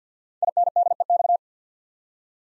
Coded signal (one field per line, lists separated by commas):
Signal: Morse code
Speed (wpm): 48 wpm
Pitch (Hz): 700 Hz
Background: none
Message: INDEX